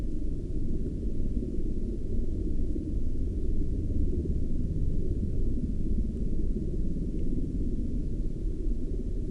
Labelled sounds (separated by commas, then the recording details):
aircraft
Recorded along the Dalton Highway, Alaska, on 5 April 2019 at 00:58
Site 01